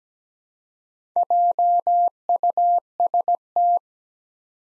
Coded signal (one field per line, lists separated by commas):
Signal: Morse code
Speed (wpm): 17 wpm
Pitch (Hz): 700 Hz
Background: none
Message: JUST